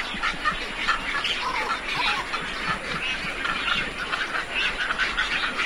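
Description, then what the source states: Herons and storks in a steady clamour of many overlapping rough, nasal calls, with no pause throughout. Large mixed flock of herons and storks vocalising together.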